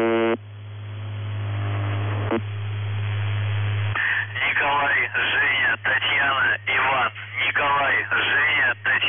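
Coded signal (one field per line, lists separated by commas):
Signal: numbers station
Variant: UVB-76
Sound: short buzz, a steady low hum, then a voice reading words with pauses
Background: radio hum and static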